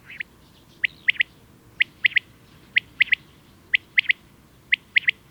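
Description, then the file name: Common quail song: a clear three-note 'wet-my-lips' phrase of sharp, liquid notes, repeated about once a second. "common-quail coturnix coturnix"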